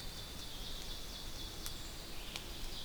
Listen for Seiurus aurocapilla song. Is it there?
yes